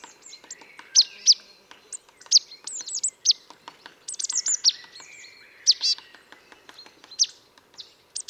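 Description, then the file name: Marsh tit calls: sharp, descending high chips and brief buzzy notes, given irregularly. "Poecile palustris"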